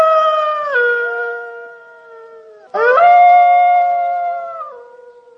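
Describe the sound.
Wolf howling, two long harmonic howls, each dropping in pitch, the second starting abruptly as the first fades.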